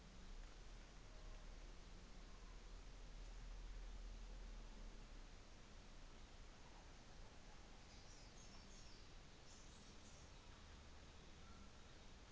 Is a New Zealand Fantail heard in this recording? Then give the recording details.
no. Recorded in New Zealand on 24 December 2018. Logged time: 14:55